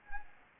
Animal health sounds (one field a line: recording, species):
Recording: mosquito wingbeat signal from an infrared sensor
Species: Anopheles arabiensis